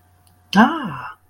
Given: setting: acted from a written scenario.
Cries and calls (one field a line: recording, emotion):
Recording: vocal sound without words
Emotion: positive surprise